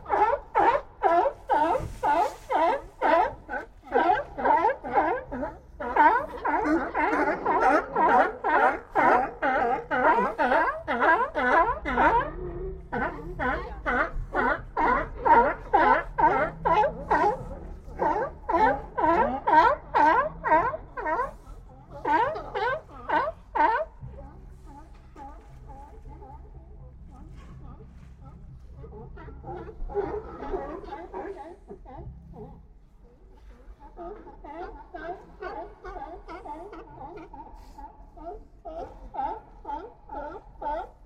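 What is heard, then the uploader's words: Rapid, raspy barking calls at Old Fisherman's Wharf in Monterey Bay come in dense overlapping bursts for the first twenty-four seconds. After that the calling thins to quieter, scattered barks around thirty seconds and again near the end, over a steady low rumble. Old Fisherman's Wharf - Monterey Bay, CA. Zoom H6 XY Stereo Mic Capsule. Magnetic Microphone Mounts.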